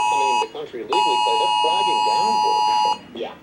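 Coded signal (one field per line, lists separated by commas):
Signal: Emergency Alert System (SAME) tones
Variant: 853 and 960 Hz attention tone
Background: speech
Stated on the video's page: Nationwide emergency alert system test carried on all cell phones, radio and TV.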